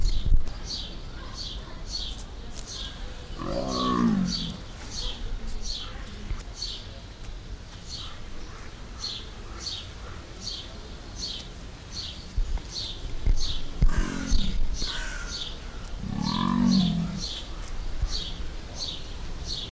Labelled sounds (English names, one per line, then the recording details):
Leopard call
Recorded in captivity
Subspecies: saxicolor
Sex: male
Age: adult
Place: Zoo Berlin, Berlin, DE
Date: 1998-06-20 13:12
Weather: partly sunny, 22°C
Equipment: Sony MD-WM MZ-R3, Sennheiser ME 80, Kopie Uher 4000 Report Monitor
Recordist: Tembrock, Günter